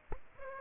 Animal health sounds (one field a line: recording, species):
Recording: mosquito wingbeat signal from an infrared sensor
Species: Aedes aegypti